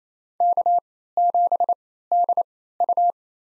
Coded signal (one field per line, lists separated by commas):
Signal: Morse code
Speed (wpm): 27 wpm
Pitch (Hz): 700 Hz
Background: none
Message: K7DU